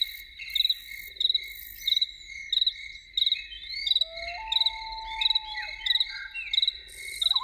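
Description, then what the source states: Loon wail, one smooth sustained note slowly rising for about two seconds, set against rhythmic chirping crickets. Evening soundscape with loons.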